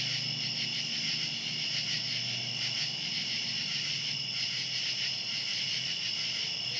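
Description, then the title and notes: Cicadas fill the night with a steady high buzzing drone, faint low humming tones underneath. Cicadas recorded outdoors at night. "Ext. Cicadas, Night by Bandeto"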